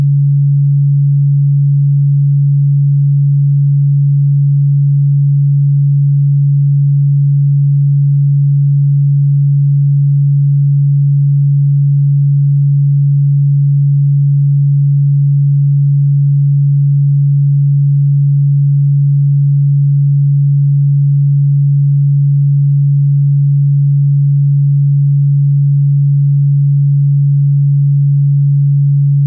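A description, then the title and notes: A pure tone at 141.27 Hz holds perfectly steady for the whole clip, low and smooth with no wavering in pitch or loudness. Nothing else is present: no events, no background noise, just the single unbroken hum from start to finish. PURE 141.27 HZ 100% MOST POWERFUL Mercury Frequency.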